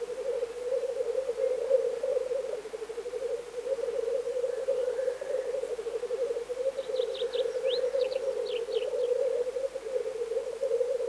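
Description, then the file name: Black grouse rolling, bubbling coo runs steadily throughout, while a small songbird adds brief high chirps around eight seconds. "teterev"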